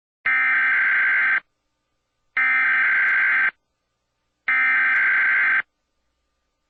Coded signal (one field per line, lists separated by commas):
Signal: Emergency Alert System (SAME) tones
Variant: header bursts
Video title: EAS Classic: DTV Transition EAS (Updated Version)